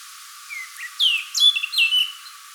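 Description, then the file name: Eurasian blackcap singing a short phrase: soft opening notes, then loud clear fluty whistles that descend and slur. "Sylvia atricapilla"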